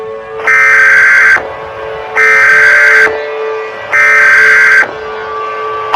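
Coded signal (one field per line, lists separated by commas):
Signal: Emergency Alert System (SAME) tones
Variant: header bursts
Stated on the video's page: Fictional EAS scenario containing valid tones, made on a phone.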